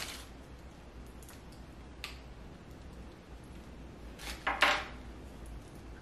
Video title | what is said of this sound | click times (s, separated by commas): Unboxing my canon pixma ix6820 wide format business printer | as soon as you put it in you'll hear a click | 4.5 s, 4.6 s